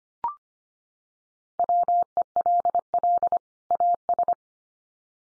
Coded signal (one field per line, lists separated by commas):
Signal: Morse code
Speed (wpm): 25 wpm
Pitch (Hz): 700 Hz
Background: none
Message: WELL AS